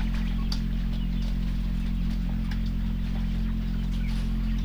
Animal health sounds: poultry house recording; sick chickens (respiratory disease)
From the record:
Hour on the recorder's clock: 6

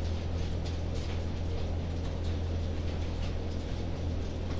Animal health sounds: poultry house recording; no chicken sound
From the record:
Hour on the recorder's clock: 22

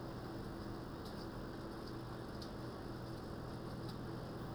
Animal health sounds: poultry house recording; no chicken sound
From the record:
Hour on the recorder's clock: 19

